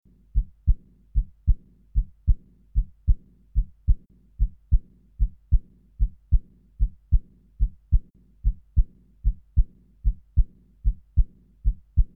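Adult heartbeat with a murmur of combined aortic insufficiency (regurgitation) and aortic stenosis.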